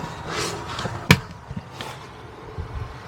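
A plastic footwell light housing is forced back up into the plastic footwell trim of a Model Y, with several hard pushes producing soft thumps and scuffing. A loud, sharp snap at 1.1 s shows the housing seating in the trim, followed by a few quieter knocks and handling noises.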